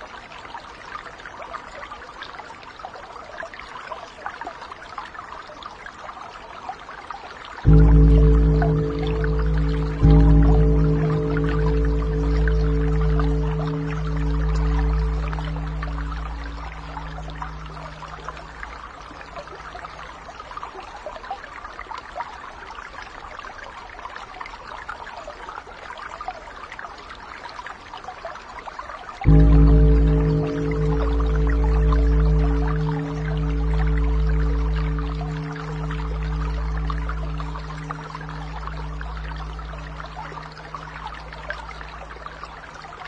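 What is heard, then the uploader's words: Spring rain patters steadily on the eaves, a dense, even hiss of drops that never lets up. Twice, near 8 and 29 seconds, a deep, humming rumble swells in abruptly and fades slowly over about ten seconds beneath the rain. Spring rain on the eaves 155.7 Hz.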